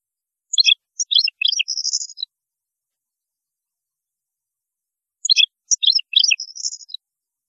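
European goldfinch song: two fast, liquid twittering phrases ending in a buzzy trill, each about two seconds long, with a pause between them.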